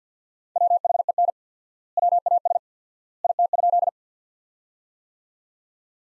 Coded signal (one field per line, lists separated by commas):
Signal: Morse code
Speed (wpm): 50 wpm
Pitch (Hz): 700 Hz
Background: none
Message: WHEN WAS IT?